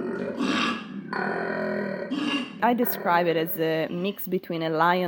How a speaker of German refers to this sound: Erst klingt es so, als hätte man einen Löwen hinter sich. Und dann entwickelt sich das Ganze zu einem Quieken wie von einem Schwein. Dieser höchst eigenwillige Ton spielt bei der Kommunikation von Koalas eine große Rolle.